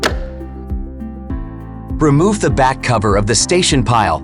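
A GOAT G1 robot mower's charging station pile is pushed down into its station base until it latches, with a sharp click at 0.1 s as it seats. Music plays underneath throughout, and from about 2 seconds someone talks.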